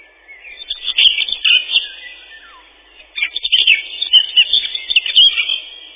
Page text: Серая славка, или славка-говорунчик — Sylvia communis